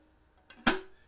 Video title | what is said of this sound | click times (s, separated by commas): Protecting your grails. Hard stack comparison | You hear the little click. Pops off very easy. | 0.7 s